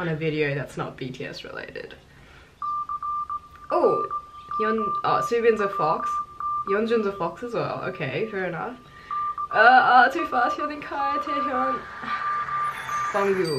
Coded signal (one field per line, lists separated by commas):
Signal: Morse code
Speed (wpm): 18 wpm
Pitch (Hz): 1190 Hz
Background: speech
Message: CROWN CROWN